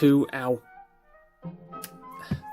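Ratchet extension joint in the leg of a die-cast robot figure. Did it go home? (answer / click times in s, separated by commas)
yes / 1.8 s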